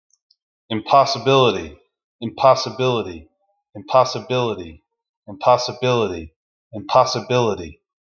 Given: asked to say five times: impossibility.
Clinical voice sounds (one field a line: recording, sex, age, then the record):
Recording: repeated word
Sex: male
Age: 40 to 49 years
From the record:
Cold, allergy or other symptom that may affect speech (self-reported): no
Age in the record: 44 years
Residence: Florida, United States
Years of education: 16